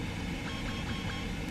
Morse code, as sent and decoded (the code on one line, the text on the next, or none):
none